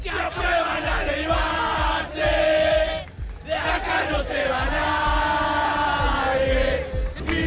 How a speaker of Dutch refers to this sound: Als deze wet wordt aangenomen, komt niemand hier weg, schreeuwen demonstranten bij het parlement.